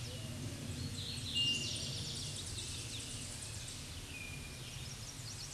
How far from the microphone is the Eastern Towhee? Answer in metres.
about 45 m